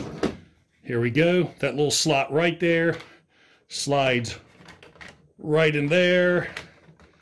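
A plastic wing is slid into its slot on the rocket section of a Siege Omega Supreme transforming robot figure while someone talks. A sharp tap sounds near the start, followed by faint plastic taps between phrases around 4.8–5.0 s and again near the end. The wing has not locked into place or clicked yet.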